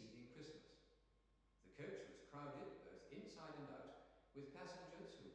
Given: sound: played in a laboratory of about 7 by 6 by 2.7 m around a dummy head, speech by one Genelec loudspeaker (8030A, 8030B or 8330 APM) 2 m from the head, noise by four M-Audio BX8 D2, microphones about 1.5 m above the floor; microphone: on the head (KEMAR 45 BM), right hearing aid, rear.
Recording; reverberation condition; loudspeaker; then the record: male speech in English; high; in front (0 degrees)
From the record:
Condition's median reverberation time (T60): about 1300 ms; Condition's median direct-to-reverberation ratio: about -4.0 dB